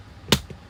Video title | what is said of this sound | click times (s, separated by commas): Flip & Pop Up Christmas Fun Fold Interactive StampinUp One Horse Open Sleigh Card | that snap is really important when you have these alcohol-based markers | 0.3 s